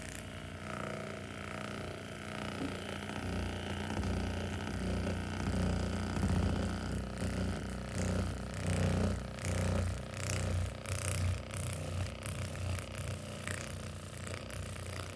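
An electric massager runs with a steady low motor hum and a rough, rattling buzz throughout. From about seven seconds on, quick bursts of clicking and scraping crowd in, uneven but frequent, as the device presses and moves over the body.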